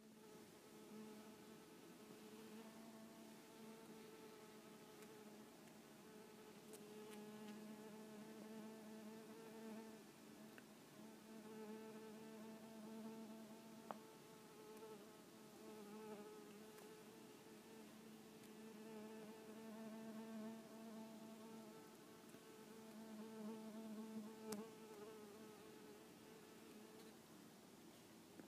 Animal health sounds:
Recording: mosquito flight sound by mobile phone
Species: Culiseta incidens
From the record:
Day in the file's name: 3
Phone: iPhone 6

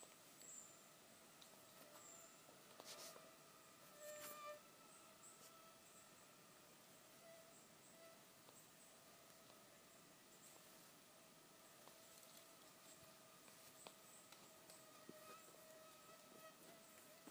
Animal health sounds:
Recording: mosquito flight sound by mobile phone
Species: Aedes sierrensis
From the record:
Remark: swarm, several mosquitoes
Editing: cut to the mosquito's sound

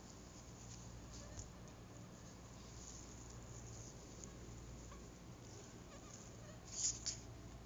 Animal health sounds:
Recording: mosquito flight sound by mobile phone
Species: Anopheles gambiae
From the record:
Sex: female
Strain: Kisumu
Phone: Google Nexus

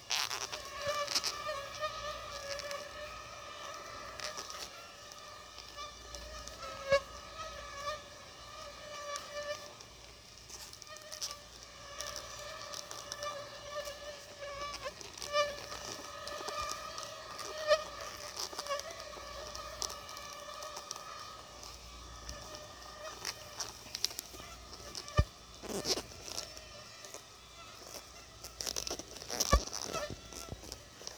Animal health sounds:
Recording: mosquito flight sound by mobile phone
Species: Aedes albopictus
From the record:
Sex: female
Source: CDC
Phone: Sony Xperia

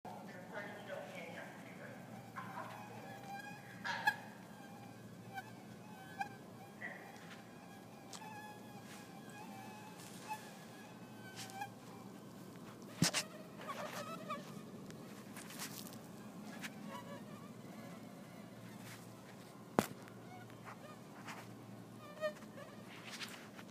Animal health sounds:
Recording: mosquito flight sound by mobile phone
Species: Anopheles gambiae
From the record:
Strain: Kisumu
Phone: iPhone 4S

